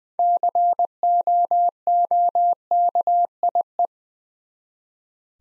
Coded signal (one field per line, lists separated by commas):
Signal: Morse code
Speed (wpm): 20 wpm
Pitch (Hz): 700 Hz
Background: none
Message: COOKIE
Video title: Easy Words with Hints - 20wpm